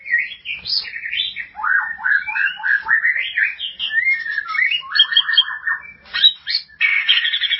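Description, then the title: White-rumped shama pouring out a fast, continuous song of warbled whistles, repeated chip notes and buzzy trills, varying constantly in pitch. "Kicau Murai Batu"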